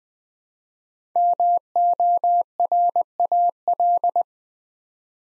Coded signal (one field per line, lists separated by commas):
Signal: Morse code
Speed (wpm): 20 wpm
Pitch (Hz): 700 Hz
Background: none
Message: MORAL